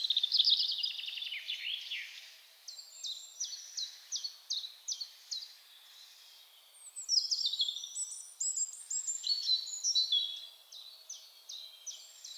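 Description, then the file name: European robin with a bright opening warble, followed by high, thin notes repeated at a steady pace and further sparkling phrases toward the end. "Erithacus rubecula"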